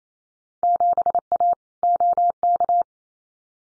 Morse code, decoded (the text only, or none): 7A OK